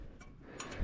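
A metal brake pad retaining/abutment clip is pressed by hand into the caliper bracket of a Tahoe's disc brake, giving small tick-like metal clicks: a faint tick at 0.2 s and a sharper click at 0.6 s. The clip seats at 0.6 s, and a low rumble rises near the end.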